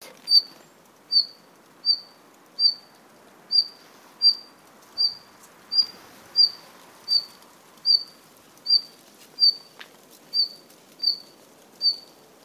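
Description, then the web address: Red-flanked bluetail calls: a short, high, whistled note repeated steadily about every three quarters of a second, sixteen times in all, over a faint background hiss. At Izumi, Chiba. "izumino tiba ruribitaki"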